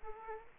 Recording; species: mosquito wingbeat signal from an infrared sensor; Aedes aegypti